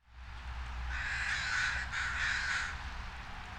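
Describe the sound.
Crow calling: two harsh, hoarse caws run together near the middle, over a low rumbling background.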